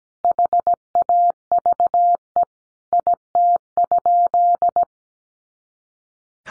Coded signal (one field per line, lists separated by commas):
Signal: Morse code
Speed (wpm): 17 wpm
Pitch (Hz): 700 Hz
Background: none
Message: HAVE IT?